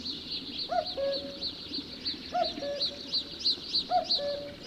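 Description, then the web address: Common cuckoo giving three descending cu-coo calls while another bird keeps up rapid, high, repeated chirps throughout. "Spev Vtakov kukucka"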